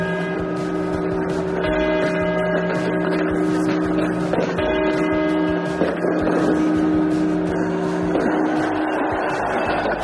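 Clock bells ring out the four quarter chimes that come before the twelve strokes marking the end of 1989, each strike blooming into a long, humming metallic tone that overlaps the next, over a steady background rumble.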